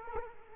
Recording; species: mosquito wingbeat signal from an infrared sensor; Culex quinquefasciatus